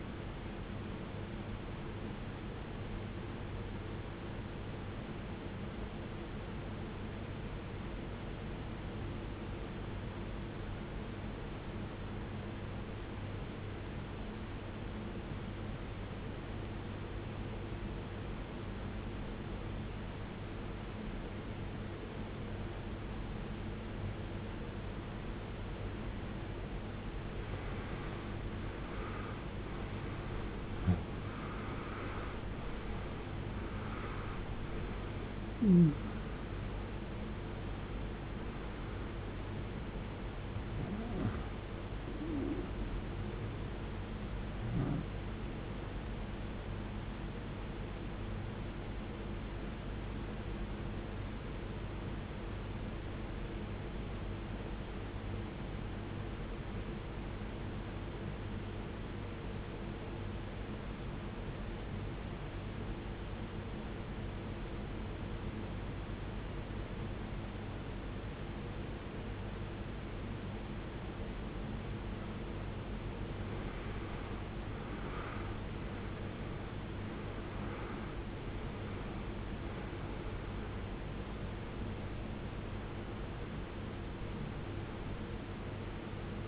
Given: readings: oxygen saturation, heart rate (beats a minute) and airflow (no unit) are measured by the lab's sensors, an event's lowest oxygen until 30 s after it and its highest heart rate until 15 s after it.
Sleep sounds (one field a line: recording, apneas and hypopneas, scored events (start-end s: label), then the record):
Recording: breathing in sleep by a voice recorder at the bedside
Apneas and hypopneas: 2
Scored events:
4.00-26.70 s: obstructive apnea (N1, oxygen 93% highest, then 86% lowest, heart rate 66 at the start, 84 highest)
6.00-36.00 s: new sleep stage, N2 (light sleep)
36.00-86.48 s: new sleep stage, N1 (lightest sleep)
52.00-76.00 s: obstructive apnea (N1, oxygen 95% highest, then 82% lowest, heart rate 62 at the start, 75 highest)
From the record:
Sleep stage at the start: N1 (lightest sleep)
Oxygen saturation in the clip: 85 to 95%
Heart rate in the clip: 53 to 84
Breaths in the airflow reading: 11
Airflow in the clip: -19.8 to 19.9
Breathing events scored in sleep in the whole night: 389 in 6.3 hours asleep